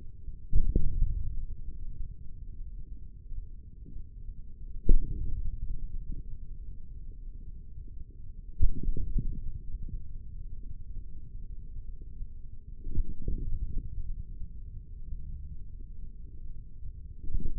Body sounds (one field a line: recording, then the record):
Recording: forearm muscle sounds (acoustic myography)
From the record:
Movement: hand opening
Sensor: system 3, bracelet of six PUI Audio POM-2738L microphones around the upper forearm, with dedicated amplification and filtering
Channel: 6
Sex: male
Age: 55 years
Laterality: right